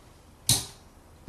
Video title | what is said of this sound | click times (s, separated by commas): Toyota Yaris front wiper blade removal replacement | until it clicks. Once it's clicked, then it's in there | 0.5 s